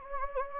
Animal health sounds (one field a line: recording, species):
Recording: mosquito wingbeat signal from an infrared sensor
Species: Anopheles gambiae